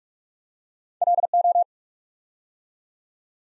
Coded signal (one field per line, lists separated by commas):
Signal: Morse code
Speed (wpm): 44 wpm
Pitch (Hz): 700 Hz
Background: none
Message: LO